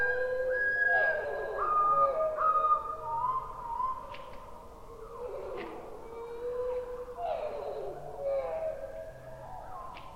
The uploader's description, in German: Wenn man Vögel langsamer abspielt und danach nicht mehr die Tonhöhe korrigiert, dann klingen die Tiere wie brüllende Dinosaurier.